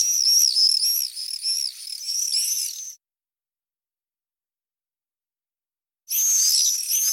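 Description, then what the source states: Common swift screams, a dense chorus of shrill, buzzy, high-pitched trills overlapping for three seconds, then silence, then the screaming chorus starts again. Lure call used to attract swifts to artificial nest boxes.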